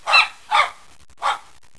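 Dog barking three times: short, harsh, mid-pitched barks, the first two close together and the third after a brief pause.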